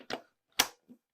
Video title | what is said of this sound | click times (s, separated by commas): 2023 Medical Training-LUCAS | both sides it's going to click into place and then we're going to make sure this is centered in the chest as best we can | 0.6 s